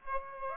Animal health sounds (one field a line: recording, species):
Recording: mosquito wingbeat signal from an infrared sensor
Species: Aedes aegypti